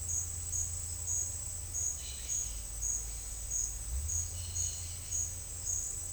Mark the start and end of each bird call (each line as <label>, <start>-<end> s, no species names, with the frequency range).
bird call (2.0-4.7 kHz), 1.98-2.33 s
bird call (2.5-3.6 kHz), 4.28-4.87 s